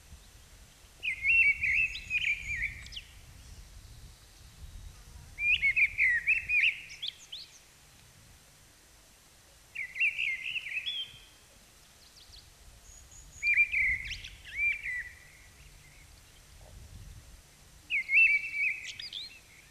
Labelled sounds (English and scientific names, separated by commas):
Mistle Thrush (Turdus viscivorus) song